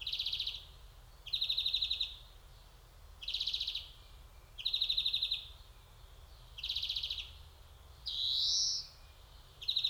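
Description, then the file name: European greenfinch song: dry buzzy trilled phrases repeated at short intervals, with one long wheezing note near the end. "Chloris chloris"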